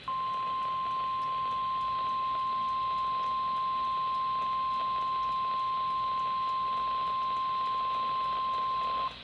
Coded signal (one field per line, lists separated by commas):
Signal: Emergency Alert System (SAME) tones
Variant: 1050 Hz attention tone